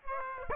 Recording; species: mosquito wingbeat signal from an infrared sensor; Aedes aegypti